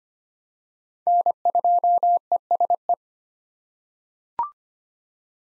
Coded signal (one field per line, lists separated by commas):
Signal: Morse code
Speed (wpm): 25 wpm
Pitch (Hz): 700 Hz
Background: none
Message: N2ESE